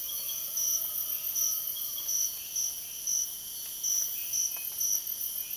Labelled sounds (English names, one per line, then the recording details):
none
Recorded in dense forest near Puerto Asís, Putumayo, Colombia, on 22 June 2025 at 05:00
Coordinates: 0.484, -76.325
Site H65